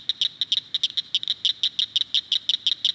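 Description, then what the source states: Cricket frog giving a fast, uneven run of sharp, high clicks, some doubled, like small castanets. Heard in June in Brown County; sounds like little castanets, little clicking noises.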